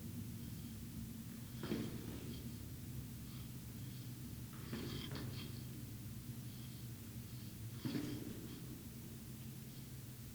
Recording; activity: daily activity, guitar pickup as the sensor; go downstairs